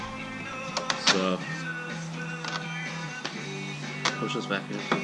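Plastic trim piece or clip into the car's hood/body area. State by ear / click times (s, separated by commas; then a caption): not seated / none. During a Steeda hood strut install on a Focus RS, a removed trim piece or clip is pushed back into place at the car's hood and body area while someone talks over background music. Short sharp hits are heard at about 0.8, 0.9, 3.3 and 4.1 seconds. Nothing has seated or clicked yet when the clip ends.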